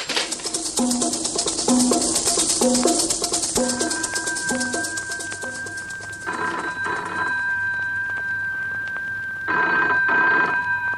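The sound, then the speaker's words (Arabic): An old-fashioned telephone bell rings in rapid metallic bursts, joined partway through by a steady high electronic tone that pulses on and off, with a low hum underneath. “الو التليفون كويس؟”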